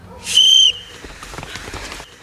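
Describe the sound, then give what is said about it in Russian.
One short, shrill blast from a referee-style whistle, blown to start a cross-country race held for City Day. It is loud and steady for about a third of a second, followed by a low bustle of movement and scattered noise. “Бежим по свистку. Внимание!”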